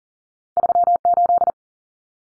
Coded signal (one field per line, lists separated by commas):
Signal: Morse code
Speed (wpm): 40 wpm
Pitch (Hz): 700 Hz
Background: none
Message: 38